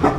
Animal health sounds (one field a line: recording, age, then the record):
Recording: pig call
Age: growing-finishing pig (85 days or more)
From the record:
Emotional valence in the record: positive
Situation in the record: run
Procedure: transit